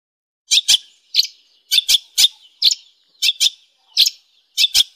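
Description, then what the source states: Long-tailed shrike calls: harsh, scratchy notes, mostly in close pairs, repeated roughly every half second to second with short silences between. Master song for training songbirds.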